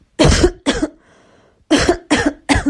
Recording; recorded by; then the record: voluntary cough; messaging app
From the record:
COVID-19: negative